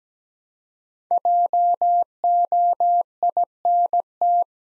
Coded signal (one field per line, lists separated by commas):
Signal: Morse code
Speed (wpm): 17 wpm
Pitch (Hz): 700 Hz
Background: none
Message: JOINT